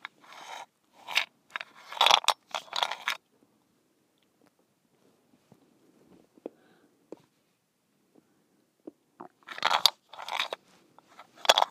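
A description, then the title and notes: A mint shaker rattles in bright, crunchy bursts for the first three seconds, goes nearly silent with a few faint clicks, then shakes again near the end. ASMR: Mint Shaker.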